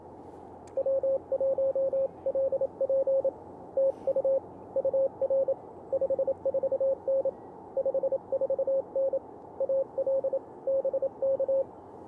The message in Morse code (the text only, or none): W1LP TU UR 54N 54N AL BK